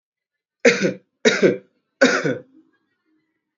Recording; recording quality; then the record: heavy voluntary cough; excellent, no background noise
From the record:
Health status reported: healthy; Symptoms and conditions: none ticked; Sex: male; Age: 26 years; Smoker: not ticked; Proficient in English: yes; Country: India